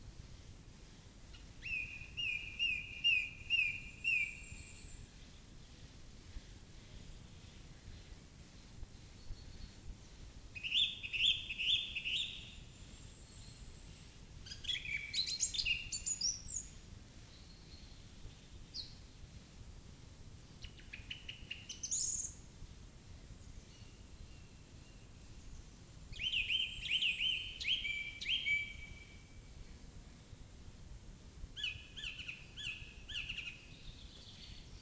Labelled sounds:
Song Thrush (Turdus philomelos) song

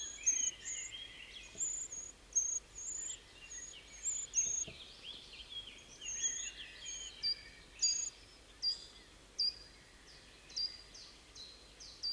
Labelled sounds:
Short-toed Treecreeper (Certhia brachydactyla)

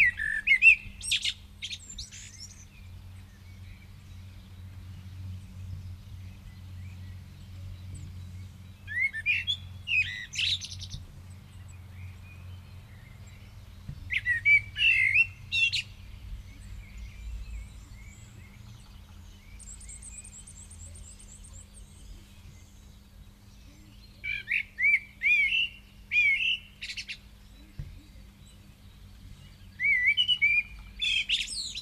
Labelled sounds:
Common Blackbird (Turdus merula) song

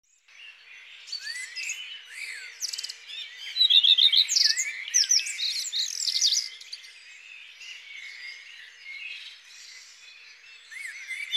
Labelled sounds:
Common Redstart (Phoenicurus phoenicurus) song

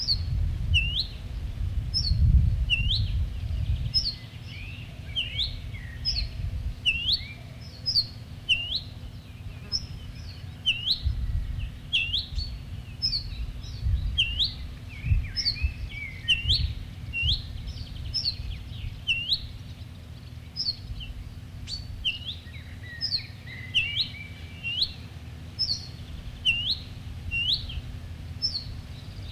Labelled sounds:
Ortolan Bunting (Emberiza hortulana) alarm call

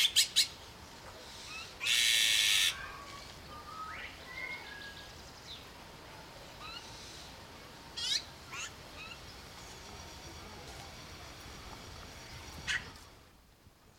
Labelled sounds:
Azure-winged Magpie (Cyanopica cyanus) call

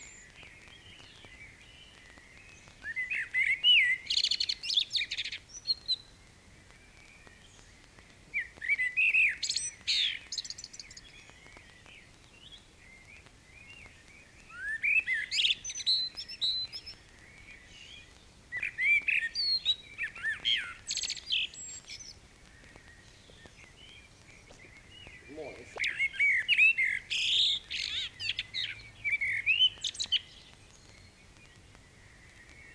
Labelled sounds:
Common Blackbird (Turdus merula) song

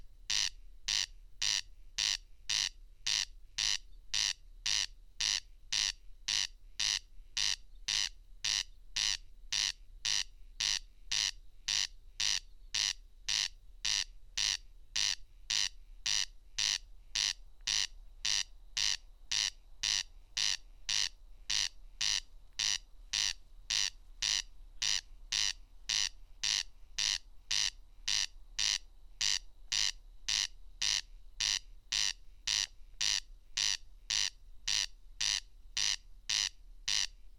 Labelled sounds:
Corn Crake (Crex crex) song

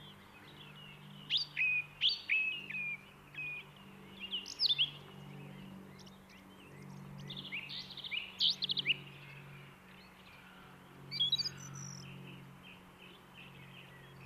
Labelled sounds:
Song Thrush (Turdus philomelos) song

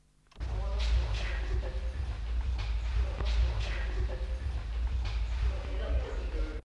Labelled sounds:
Dwarf Cassowary (Casuarius bennetti) call

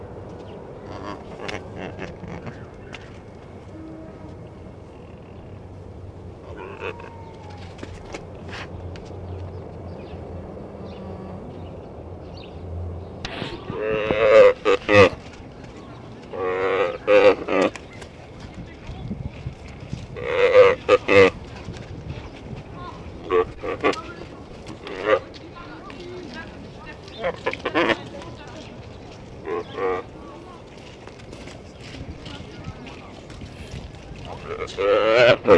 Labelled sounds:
Mule Deer (Odocoileus hemionus) call

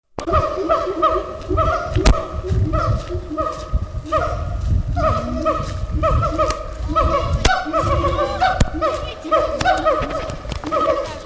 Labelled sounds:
Siamang (Symphalangus syndactylus)

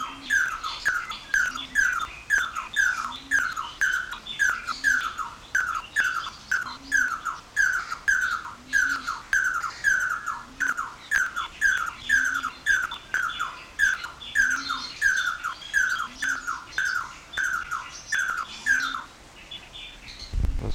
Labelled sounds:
Pin-tailed Whydah (Vidua macroura)

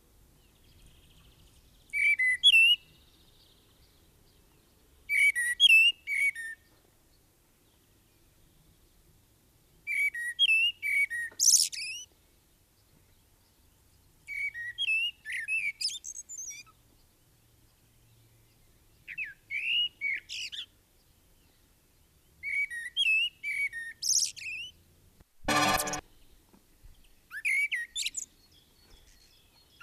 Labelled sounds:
Common Blackbird (Turdus merula) song

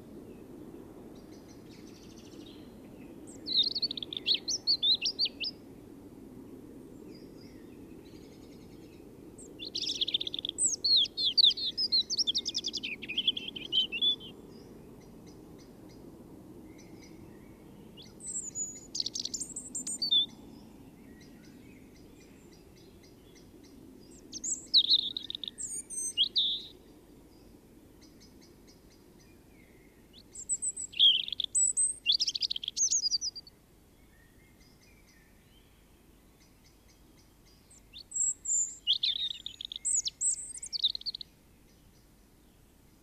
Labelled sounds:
European Robin (Erithacus rubecula) song

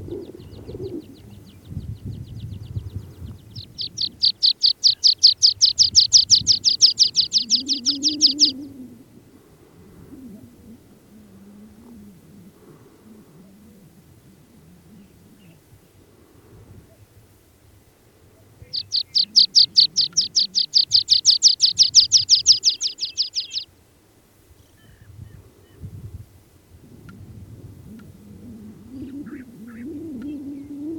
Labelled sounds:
Water Pipit (Anthus spinoletta) song

